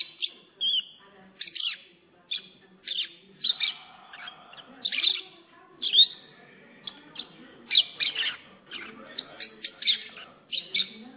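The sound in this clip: Lovebird chirps, sharp squeaky notes given in frequent separate bursts, with softer chatter between them.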